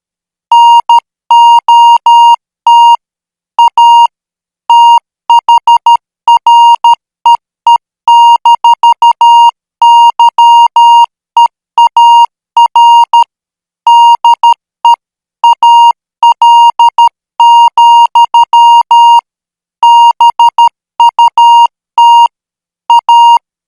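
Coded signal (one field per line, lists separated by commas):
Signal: Morse code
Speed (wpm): 13 wpm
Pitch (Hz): 940 Hz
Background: none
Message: NOT A THREE-YEAR DEAL, BUT A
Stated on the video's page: Morse code practice signal at 12 words per minute.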